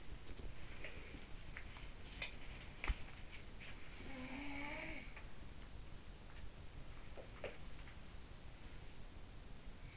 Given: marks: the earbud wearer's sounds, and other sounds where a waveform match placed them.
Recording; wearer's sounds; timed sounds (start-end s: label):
sounds in sleep by an in-ear microphone; body movement
0.00-3.00 s: body movement
3.71-5.29 s: sound from someone else or the room
7.04-7.62 s: body movement